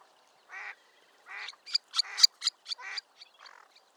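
Tufted Duck calling with rough, noisy croaks mixed with a quick run of sharp, clicking high notes.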